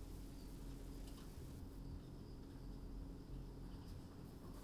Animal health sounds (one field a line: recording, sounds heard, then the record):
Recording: poultry house recording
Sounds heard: no chicken sound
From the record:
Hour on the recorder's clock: 21